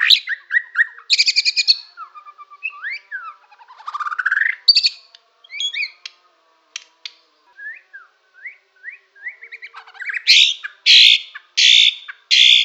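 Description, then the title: White-rumped shama song, a rich varied run of whistles, slurred notes and rapid trills, ending in loud harsh buzzy bursts. From Borneo. "MURAI BORNEO MAS KIKI"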